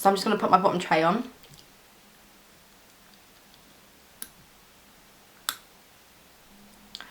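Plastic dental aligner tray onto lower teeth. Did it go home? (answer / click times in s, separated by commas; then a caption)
yes / 4.2 s, 5.5 s, 7.0 s. A person talks briefly, then presses a bottom clear plastic dental aligner tray onto their lower teeth. Sharp, short clicks are heard at 4.2, 5.5 and 7.0 seconds as the tray seats into place.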